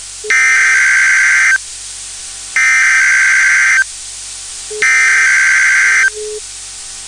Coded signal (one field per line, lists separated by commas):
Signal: Emergency Alert System (SAME) tones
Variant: header bursts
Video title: EAS #2,340-2,346 Required Weekly Tests 10/22/25